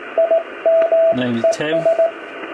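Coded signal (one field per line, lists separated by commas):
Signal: Morse code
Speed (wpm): 18 wpm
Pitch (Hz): 660 Hz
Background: speech, radio noise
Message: IMES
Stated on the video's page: CW from a homebrew 1930s-style single-valve transmitter in a demonstration contact.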